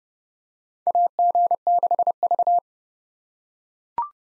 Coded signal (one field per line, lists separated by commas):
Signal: Morse code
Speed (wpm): 30 wpm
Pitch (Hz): 700 Hz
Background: none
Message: AG6V